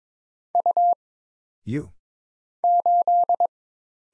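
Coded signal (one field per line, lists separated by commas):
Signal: Morse code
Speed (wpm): 22 wpm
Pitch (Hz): 700 Hz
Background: none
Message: U 8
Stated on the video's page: Morse practice at 22 wpm of single letters, numbers, punctuation and prosigns with short timing for instant character recognition.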